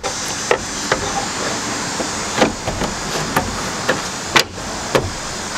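On a 2004 Chevy Avalanche, a plastic headlight housing is reinstalled by sliding one tab into its hole in the truck front end and snapping the plastic locking tab home. Over a steady hiss, sharp knocks and taps land at about 0.5, 0.9, 3.4, 4.4 and 5.0 seconds. The loudest, at 4.4 seconds, is the locking tab snapping into place, and the housing is seated.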